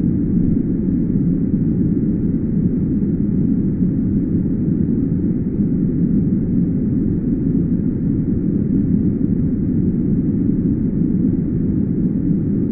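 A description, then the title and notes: Deep pink noise runs without a break for the whole clip, a dense, steady rush weighted heavily toward the low end. Nothing changes in level or texture, and there is no high hiss at all, only a dull, rumbling wash. 12 hours of uninterrupted deep pink noise for sleep.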